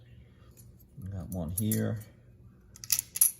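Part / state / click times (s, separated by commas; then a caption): brake pad abutment clip into caliper bracket / seated / 3.2 s. A metal brake pad abutment clip is pressed into the caliper bracket of a 2009-2010 V6 Acura TSX/Honda Accord during a brake pad and rotor replacement. Someone talks briefly, then a quick run of small, sharp metallic clicks comes from the clip. It snaps and seats in place at 3.2 seconds.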